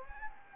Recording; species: mosquito wingbeat signal from an infrared sensor; Anopheles gambiae